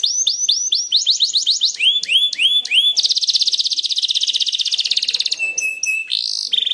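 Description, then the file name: Canary song opening with repeated upward-swept notes that slow into lower loops, then a very fast rattling trill and brief whistled tones. Standard-type canary, chirping song. "suara-kicauan-kenari-standar 1-omkicau"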